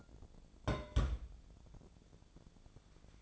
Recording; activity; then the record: daily activity, microphone in the room; place on stove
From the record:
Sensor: 5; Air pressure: 1000.0 hPa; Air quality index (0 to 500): 93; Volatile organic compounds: 1 ppm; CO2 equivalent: 760 ppm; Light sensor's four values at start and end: 329/766/336/377 and 331/767/337/378